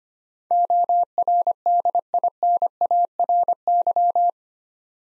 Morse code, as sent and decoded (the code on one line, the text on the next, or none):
--- .-. -.. .. -. .- .-. -.--
ORDINARY